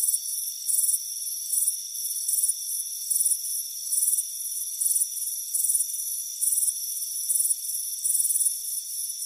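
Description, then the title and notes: Cricket chirping in rhythmic pulsed bursts, backed by constant high whining tones. Crickets chirping on a warm afternoon on a front porch. "Soothing Crickets Chirping Sound. It's a warm afternoon as you relax in a hammock on the front porch. Relax and fall asleep to the soothing sound of chirping crickets. Deep Sleep Sounds"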